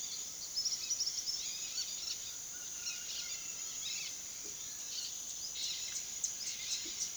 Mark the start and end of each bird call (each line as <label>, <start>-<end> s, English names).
Dusky-headed Parakeet, 0.00-7.16 s
Tropical Kingbird, 0.11-1.89 s